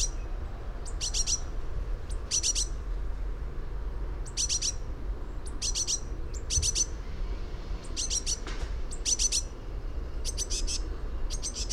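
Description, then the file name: Eurasian blue tit calls: short clusters of high, sharp, thin notes repeated at short intervals, over a continuous low rumble. "Cyanistes caeruleus"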